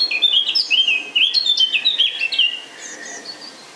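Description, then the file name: Eurasian blackcap song, a fast run of clear fluty, whistled notes sliding up and down, loud at first and then fading into a softer, quieter warble. "Sylvia atricapilla"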